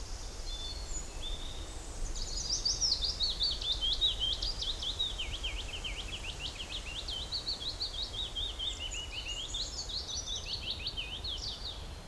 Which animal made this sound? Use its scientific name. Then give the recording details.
Phylloscopus trochilus. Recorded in the wild. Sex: male. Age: adult. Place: Bötzow - Krämer, Brandenburg, DE. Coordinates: 52.6736, 13.0725. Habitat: spruce forest. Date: 1997-05-18 16:33. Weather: sunny, 27°C, partly light winds. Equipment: Sony MD-WM MZ-R3, Sennheiser MKH 416 T, Kopie Uher 4000 Report Monitor. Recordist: Tembrock, Günter